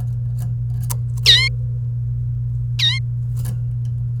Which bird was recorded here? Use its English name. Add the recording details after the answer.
Domestic Canary. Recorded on 28 April 2018 at 10:06. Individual llb3